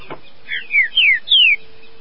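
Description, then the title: Green-winged saltator song: four clear whistled notes, each sliding downward, growing louder through the short phrase, over a quiet background. "Trinca Ferro"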